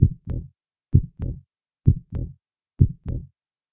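Regular low-pitched heart sounds at about 65 beats a minute in an adult, each second sound trailed by a soft blowing decrescendo noise filling early diastole: an aortic regurgitation murmur, where blood leaks back through the aortic valve after each beat.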